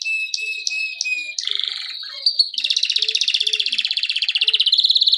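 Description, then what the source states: Canary song: a steady whistle broken by sharp clicks, then a buzzy warble, then a fast rhythmic trill of repeated notes that grows louder. Song used for training.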